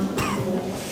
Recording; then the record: coughing mixed with background sound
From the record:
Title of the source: Mid-morning Winter Coughing Fit